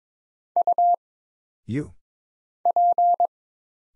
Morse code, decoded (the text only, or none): U P